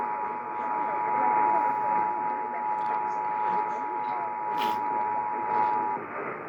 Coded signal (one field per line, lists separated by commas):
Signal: Emergency Alert System (SAME) tones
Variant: 853 and 960 Hz attention tone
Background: speech